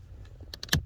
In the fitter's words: there, it clicked.